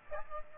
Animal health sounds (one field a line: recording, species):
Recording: mosquito wingbeat signal from an infrared sensor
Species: Aedes aegypti